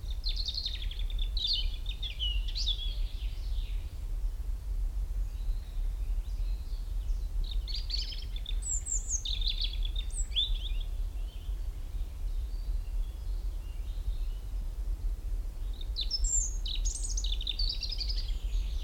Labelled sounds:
European Robin (Erithacus rubecula)

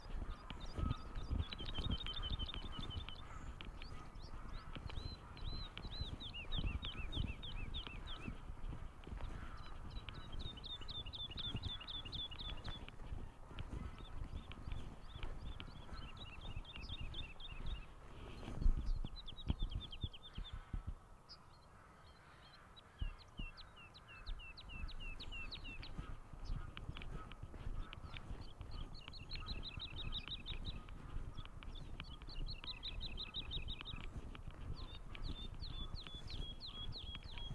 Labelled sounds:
Wood Lark (Lullula arborea) song

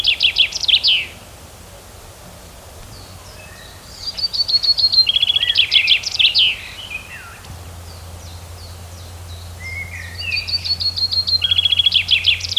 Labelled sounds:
Common Chaffinch (Fringilla coelebs) song

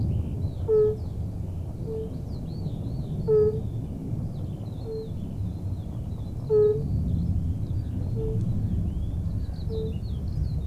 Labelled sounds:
Fire-Bellied Toad (Bombina bombina) call

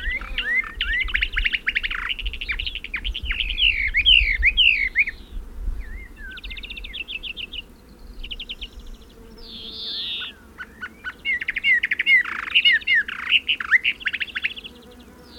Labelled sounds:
Western Orphean Warbler (Sylvia hortensis) song

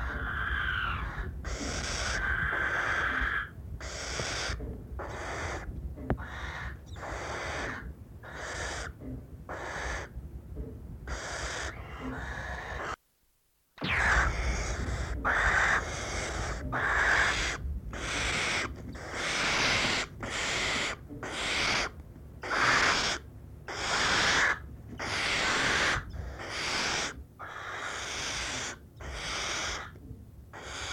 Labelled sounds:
Western Barn Owl (Tyto alba) call

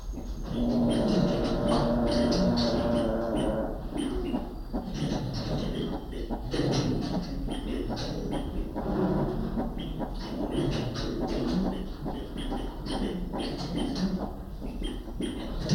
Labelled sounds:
Northern Greater Galago (Otolemur garnettii) call

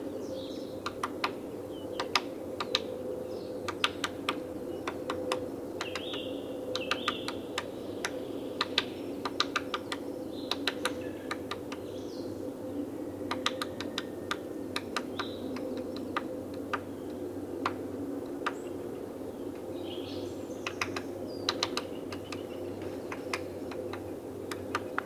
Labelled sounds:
Great Spotted Woodpecker (Dendrocopos major) drumming

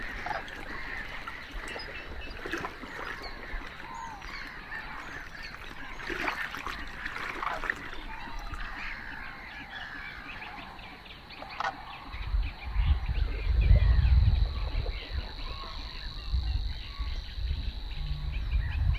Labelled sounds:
Common Crane (Grus grus) call

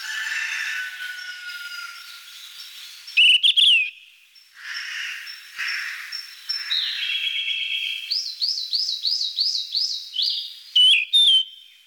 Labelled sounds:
Yellow-rumped Flycatcher (Ficedula zanthopygia) song

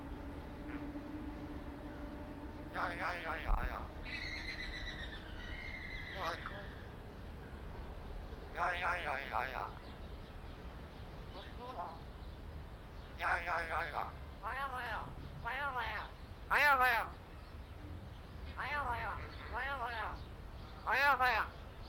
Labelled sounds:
Common Hill Myna (Gracula religiosa)

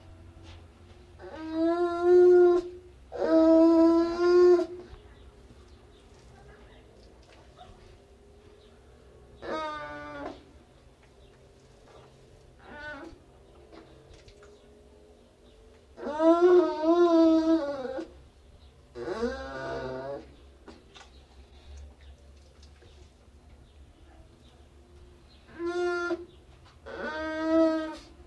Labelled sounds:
Baikal Seal (Pusa sibirica) call

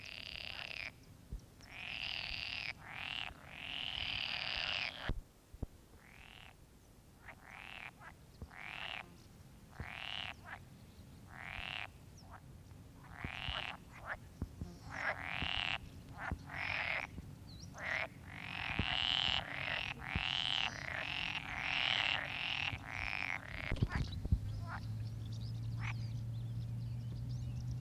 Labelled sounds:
Pool Frog (Pelophylax lessonae) call

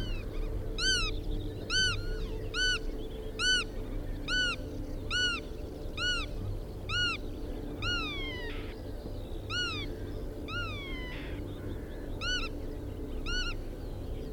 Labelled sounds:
Black-tailed Godwit (Limosa limosa) call

